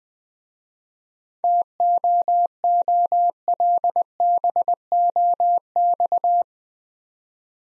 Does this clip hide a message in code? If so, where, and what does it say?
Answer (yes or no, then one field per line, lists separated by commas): yes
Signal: Morse code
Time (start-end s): 1.4-6.4 s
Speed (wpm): 20 wpm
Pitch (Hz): 700 Hz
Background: none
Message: TOOLBOX